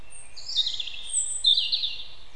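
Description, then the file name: European robin song, two quick runs of high, glittering warbled notes with a thin sustained whistle above, against quiet low background noise. "Erithacus rubecula"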